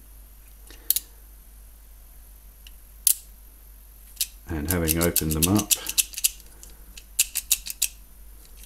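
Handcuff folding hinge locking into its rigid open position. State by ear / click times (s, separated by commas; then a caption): seated / 7.2 s, 7.8 s. A pair of TCH Twinlock folding rigid handcuffs is unfolded, with scattered metallic clicks and someone talking in between. The metal hinge snaps into its rigid open position with sharp clicks at 7.2 s and 7.8 s, leaving the cuffs locked rigid in place.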